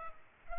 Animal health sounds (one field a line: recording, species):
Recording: mosquito wingbeat signal from an infrared sensor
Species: Culex pipiens